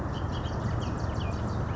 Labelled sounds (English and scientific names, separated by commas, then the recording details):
Bullock's Oriole (Icterus bullockii)
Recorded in Sonoma County, California